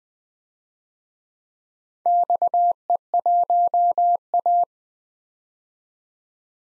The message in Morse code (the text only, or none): XE1A